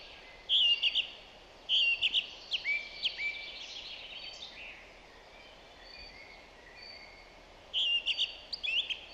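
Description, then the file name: Song thrush song: loud, varied whistled and fluting phrases in bursts, a short group near the start and again near the end, with quieter bird song and steady background hiss between. "Zanglijster Turdus philomelos"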